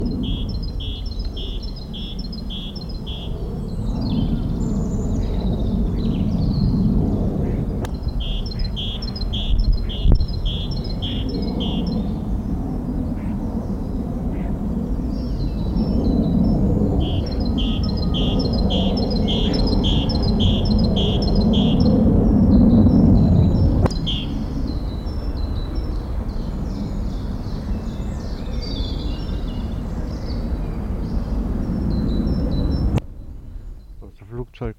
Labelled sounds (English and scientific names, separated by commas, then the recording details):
Great Tit (Parus major) call, European Robin (Erithacus rubecula)
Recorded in the wild
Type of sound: call, call sequence
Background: Erithacus rubecula
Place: Schloßpark Niederschönhausen, Berlin, DE
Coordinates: 52.58, 13.41
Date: 1994-04-17 11:23
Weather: heiter bis wolkig, 8 bis 10°C
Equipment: Marantz CP 430, Sennheiser ME 80, Kopie Uher Variocord 263
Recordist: Tembrock, Günter
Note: Lautfolgen